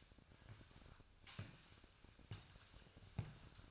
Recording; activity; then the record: daily activity, microphone in the room; sweep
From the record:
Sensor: 2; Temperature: 24.9 degrees Celsius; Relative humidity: 39.7%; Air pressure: 1001.5 hPa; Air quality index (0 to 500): 227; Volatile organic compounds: 26 ppm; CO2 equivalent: 2852 ppm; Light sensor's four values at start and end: 8/26/10/10 and 8/26/10/10